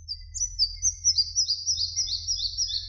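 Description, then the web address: Red-breasted flycatcher calling: a rapid series of high, thin, repeated notes, each dropping in pitch, over a faint low rumble. Recorded in Slovenia. "Ficedula parva"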